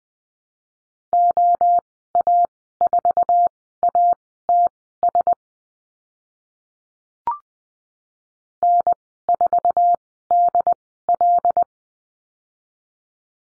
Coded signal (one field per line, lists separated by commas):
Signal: Morse code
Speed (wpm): 20 wpm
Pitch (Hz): 700 Hz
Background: none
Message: OA4ATS N4DL